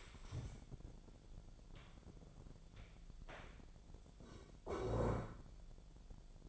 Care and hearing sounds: daily activity, microphone in the room; stand up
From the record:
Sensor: 5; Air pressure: 1000.5 hPa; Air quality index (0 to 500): 147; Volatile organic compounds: 2 ppm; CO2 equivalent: 1138 ppm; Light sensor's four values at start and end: 47/110/46/49 and 47/110/46/49

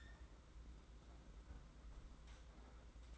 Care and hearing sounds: daily activity, microphone in the room; close fridge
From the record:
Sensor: 3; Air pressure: 991.8 hPa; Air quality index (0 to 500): 215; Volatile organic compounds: 1000 ppm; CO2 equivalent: 7358 ppm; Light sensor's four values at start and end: 32/95/38/32 and 32/95/38/32

